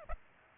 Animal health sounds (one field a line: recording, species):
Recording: mosquito wingbeat signal from an infrared sensor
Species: Aedes aegypti